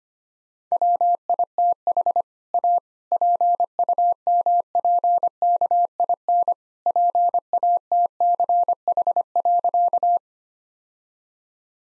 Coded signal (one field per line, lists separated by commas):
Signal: Morse code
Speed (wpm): 25 wpm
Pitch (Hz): 700 Hz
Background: none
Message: WITH A PUMPKIN PATCH.